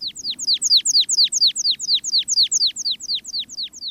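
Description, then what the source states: American Pipit song: a long, steady series of sharp downslurred notes, repeated evenly throughout with no pauses. Hovering overhead in the open, rocky alpine zone of western mountains, trilling a long torrent of notes.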